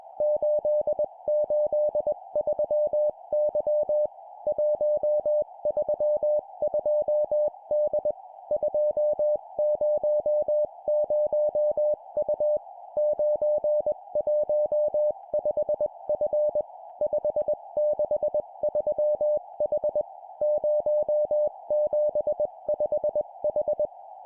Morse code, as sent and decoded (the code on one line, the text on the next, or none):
---.. ---.. ...-- -.-- / .---- ...-- ..--- -.. / ..--- ----- ----- ..- / ----. .---- ..... ..-. / ..... -.... ...-- .... / ----- --... ..... ....
883Y 132D 200U 915F 563H 075H